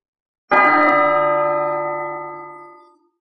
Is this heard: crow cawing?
no